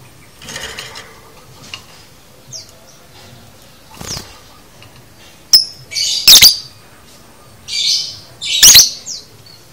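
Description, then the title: Lovebird calls: quiet chatter at first, then two loud shrill squeaks near the end with brief buzzy notes between. Lovebird chattering (konslet), used as masteran to train lovebirds. "Masteran Lovebird Konslet ! Ampuh !!"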